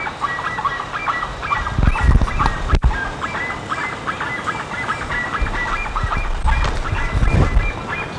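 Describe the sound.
Bird calls: busy runs of honking notes, interrupted by low thumping knocks and a sharp click partway through.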